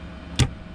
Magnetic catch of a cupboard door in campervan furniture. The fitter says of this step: And this is soft close, it's got magnets to hold it closed, click into place.